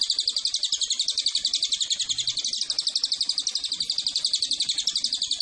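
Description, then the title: Cililin delivering an unbroken, rapid, high, buzzy pulsed trill with even rhythm throughout. Recording for training birds (masteran) that can also serve as a lure (pancingan) to attract the bird. "MASTERAN AMPUH SUARA BURUNG CILILIN BISA JUGA PANCINGAN CILILIN"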